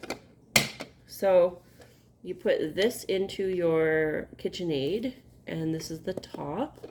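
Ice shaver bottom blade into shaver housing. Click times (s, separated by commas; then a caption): 0.6 s. The bottom blade part of a plastic KitchenAid ice shaver attachment is locked into its housing, giving a sharp, loud click at 0.6 s. Someone talks through the rest of the clip.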